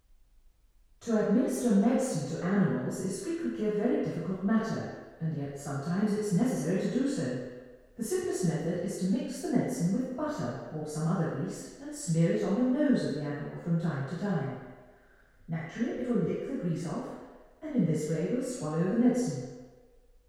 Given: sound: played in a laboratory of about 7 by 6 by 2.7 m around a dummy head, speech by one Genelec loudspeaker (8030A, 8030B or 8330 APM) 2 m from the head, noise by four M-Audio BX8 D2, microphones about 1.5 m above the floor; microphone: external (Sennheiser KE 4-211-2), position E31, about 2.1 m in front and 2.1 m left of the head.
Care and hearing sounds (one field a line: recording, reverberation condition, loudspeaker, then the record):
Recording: female speech in English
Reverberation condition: high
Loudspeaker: 90 degrees to the left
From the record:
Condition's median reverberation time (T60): about 1300 ms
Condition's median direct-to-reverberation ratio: about -4.0 dB